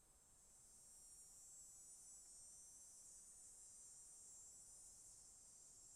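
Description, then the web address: Cicadas buzzing in a steady, continuous, high hiss that swells slightly at the start and then holds even throughout. "Debarup Travel Films - Cicadas Buzzing"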